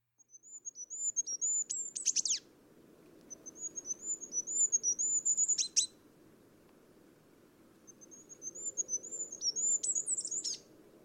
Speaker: De goudhaan kan niet alleen piepen, hij kan ook nog zingen. Daar heb ik ook een fragmentje van.